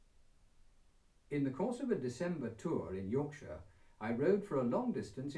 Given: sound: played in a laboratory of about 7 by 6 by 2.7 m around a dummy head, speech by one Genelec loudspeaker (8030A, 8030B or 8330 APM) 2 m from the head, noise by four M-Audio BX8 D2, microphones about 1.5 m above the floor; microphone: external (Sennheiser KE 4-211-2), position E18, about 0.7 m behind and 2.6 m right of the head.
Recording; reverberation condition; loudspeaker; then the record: male speech in English; low; 150 degrees to the left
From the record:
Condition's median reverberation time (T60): about 310 ms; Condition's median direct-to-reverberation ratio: about 3.5 dB